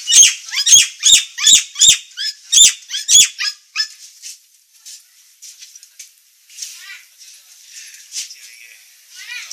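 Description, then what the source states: Nias hill myna rattling off rapid, grating squawks for several seconds, then softer, sparse scratchy notes. Indonesian name Jalak Nias; described as gacor (singing constantly) with a noisy voice.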